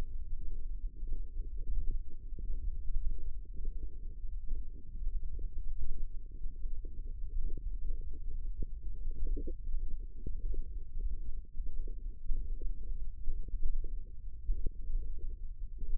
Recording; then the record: forearm muscle sounds (acoustic myography)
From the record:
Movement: finger pinch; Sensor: system 1, eight BSWA MPA416 microphones around the upper forearm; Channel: 6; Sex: male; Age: 18 years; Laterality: right